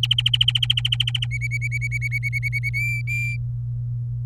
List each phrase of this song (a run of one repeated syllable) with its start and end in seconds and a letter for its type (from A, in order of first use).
0.03-1.26 A, 1.31-2.69 B, 2.74-3.36 C